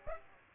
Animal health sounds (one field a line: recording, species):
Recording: mosquito wingbeat signal from an infrared sensor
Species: Aedes aegypti